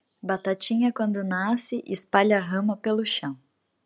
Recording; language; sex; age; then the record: short text; Brazilian Portuguese; female; 30 to 39 years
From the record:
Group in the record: control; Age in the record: 32 years